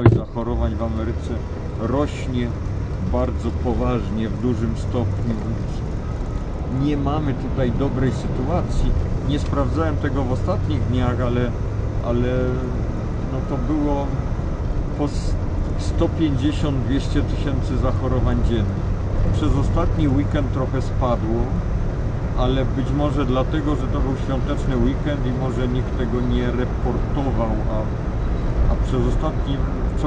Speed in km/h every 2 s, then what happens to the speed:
0, 14, 21, 26, 33, 39, 45, 49, 54, 56, 59, 63, 65, 65, 66.
0-22 pulls away to 63. 22-30 steady at about 65.